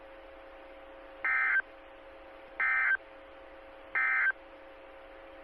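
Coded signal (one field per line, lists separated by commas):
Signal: Emergency Alert System (SAME) tones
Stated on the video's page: Alert tones heard on a 146.92 MHz amateur radio repeater.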